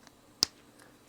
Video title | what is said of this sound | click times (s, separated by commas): More Solar For The Barn! Bifacial VS Monofacial Solar Panels | there we go very audible now it can't pull back out | 0.4 s